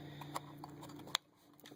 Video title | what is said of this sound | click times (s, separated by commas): Upgrading Ram in the Dell Latitude D800 | and then push the two fingers down until it clicks in | 1.2 s